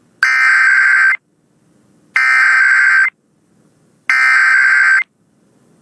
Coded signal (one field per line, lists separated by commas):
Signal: Emergency Alert System (SAME) tones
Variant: header bursts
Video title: KLOVE and Santa Barbara Weekly Tests (EAS #14837-14840) 1/23/24